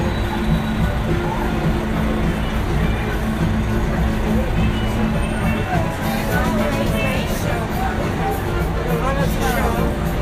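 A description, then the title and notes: Walking along a busy city street, a steady low traffic rumble runs beneath constant voices, with brighter clatter and chatter after six seconds. Walking On 42nd St.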